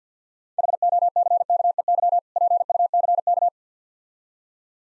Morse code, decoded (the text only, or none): HOCKEY PUCK